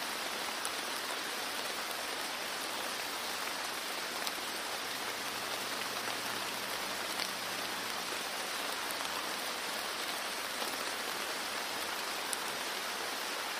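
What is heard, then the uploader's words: Steady, dense rain hisses evenly throughout, bright, with occasional sharper drop taps and a faint low hum midway. Rain Sounds for Sleeping All Night.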